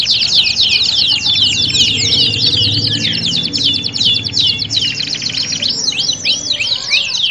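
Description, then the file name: Canary song in busy overlapping bursts of sweeping whistles and rattling trills, some quick chirps near the end, low rumble beneath. Simulation of a standard canary singing contest. "audio simulasi lomba kenari standar"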